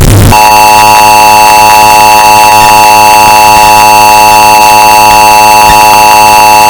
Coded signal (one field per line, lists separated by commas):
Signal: Emergency Alert System (SAME) tones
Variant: 853 and 960 Hz attention tone